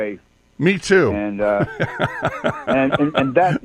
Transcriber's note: laughs